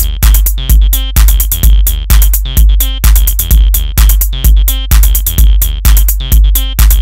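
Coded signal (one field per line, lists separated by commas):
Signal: none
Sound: synth beeps in music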